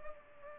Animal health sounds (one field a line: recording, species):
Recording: mosquito wingbeat signal from an infrared sensor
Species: Culex pipiens